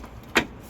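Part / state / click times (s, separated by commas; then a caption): door window glass into window regulator carrier clips / seated / 0.4 s. On a Land Rover Discovery 5 (L462), the door window glass is pushed down until its holes click into the clips on the new window regulator track. A single sharp click is heard at 0.4 s against a quiet background. The glass is seated in the regulator carrier clips.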